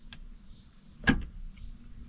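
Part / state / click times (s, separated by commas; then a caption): gear selector lever into tractor gearbox detent / seated / 0.1 s. After the tractor gearbox has been fixed, the speed selector lever is pushed into gear and engages its detent with a single short metal click at 0.1 s over a low steady rumble. A louder broadband burst follows at about 1.1 s. The lever is seated in its detent, confirming the gearbox fix worked.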